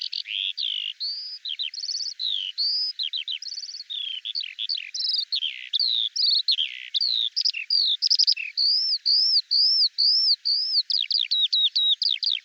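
Bird pouring out an unbroken, jumbled song of high twittering notes, looping whistles and quick buzzy chirps, including a rapid trill near the end; nothing else audible.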